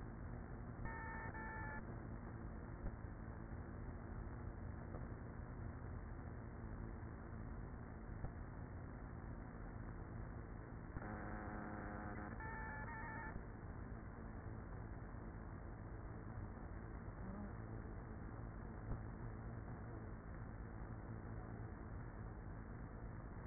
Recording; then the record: honeybee colony, microphone inside the hive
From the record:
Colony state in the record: queenless with a low population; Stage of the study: after two queens were removed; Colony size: about 30,000 bees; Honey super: no